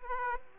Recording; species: mosquito wingbeat signal from an infrared sensor; Aedes aegypti